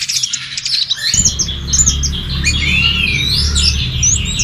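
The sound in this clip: Bird chirps and twittering, thin high notes at first, then fuller warbled phrases and rising whistles over a steady low hum that starts after one second.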